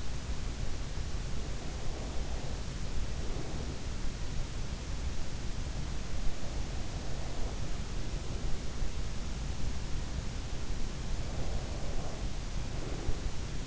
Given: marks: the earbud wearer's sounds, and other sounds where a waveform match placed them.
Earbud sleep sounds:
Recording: sounds in sleep by an in-ear microphone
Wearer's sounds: breath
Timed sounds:
1.49-3.94 s: breath
6.23-8.86 s: breath
10.97-13.43 s: breath

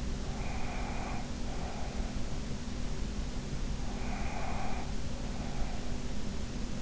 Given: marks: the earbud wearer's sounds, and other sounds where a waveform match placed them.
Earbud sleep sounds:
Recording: sounds in sleep by an in-ear microphone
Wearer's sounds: breath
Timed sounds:
0.44-2.10 s: breath
3.98-5.99 s: breath

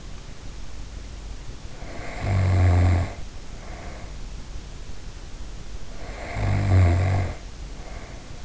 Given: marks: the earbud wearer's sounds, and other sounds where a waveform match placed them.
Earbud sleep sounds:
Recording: sounds in sleep by an in-ear microphone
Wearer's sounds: snoring breath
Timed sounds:
1.64-4.19 s: snoring breath
5.87-8.45 s: snoring breath

